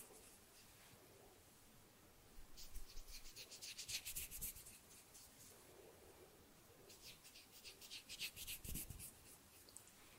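Hands rub and flutter around the microphone in two bursts of quick, bright scratchy rasping, one from about 2.5 to 5 seconds and another from about 7 to 9.5 seconds. Low thumps sit under the second burst. Between the bursts there is a quieter, low rumbling hush.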